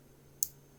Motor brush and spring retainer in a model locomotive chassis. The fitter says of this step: nice little click